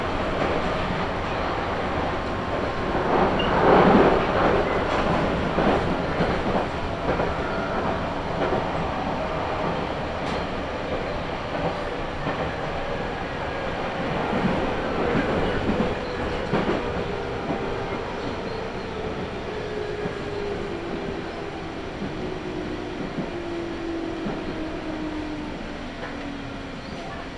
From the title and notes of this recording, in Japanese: 伊豆箱根鉄道 大場→三島 東海道本線 三島→沼津。大場までくると日が西に傾きはじめて予想以上に冷えてきました。